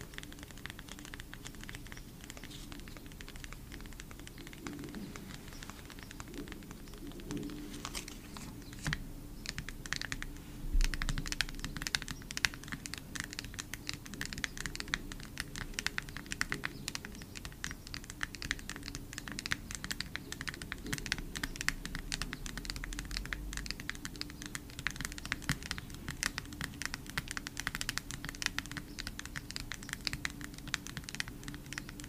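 Photocards are tapped in a fast, dense run of light clicks that continues for the whole clip, sparser for the first few seconds and then busy and nearly continuous from about eight seconds on. A low, steady hum sits underneath throughout.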